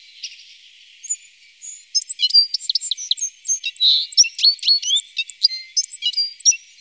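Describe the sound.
Citril finch giving a fast, jumbled run of high chirps, tinkling notes and short buzzes that turns busy after a quiet start.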